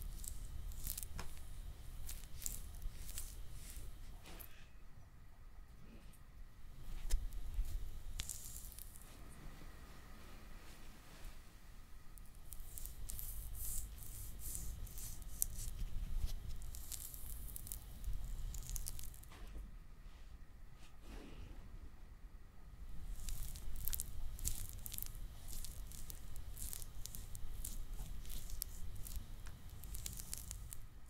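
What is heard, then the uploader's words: Hand massage and nail care: soft rubbing, squishing and tearing-like scrapes come in uneven bursts, with bright hissy strokes around 4–8 s, 12–18 s and 22–31 s. A low rumble runs underneath throughout, with a firm tap near 7 seconds. ASMR Relaxing Hand Massage, Nail Care & Art No Talking (Layered Sounds).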